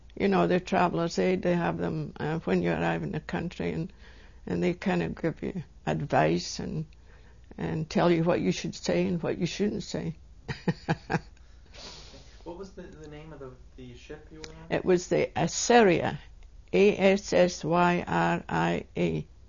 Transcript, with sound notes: you know the Traveler's Aid, they have them when you arrive in the country and they kind of give you advice and tell you what you should say and what you shouldn't say. (She laughs.)
What was the name of the ship you were on?
It was the Assyria. A-S-S-Y-R-I-A.